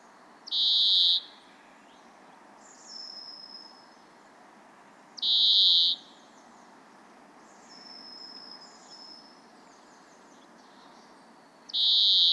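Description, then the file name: European greenfinch giving drawn-out buzzy wheeze notes, three in all, roughly every five to seven seconds, with thin, faint high whistled notes in between over a steady hiss. "Chloris chloris"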